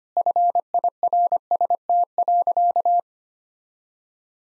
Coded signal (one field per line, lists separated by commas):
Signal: Morse code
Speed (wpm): 25 wpm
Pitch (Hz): 700 Hz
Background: none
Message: FIRST.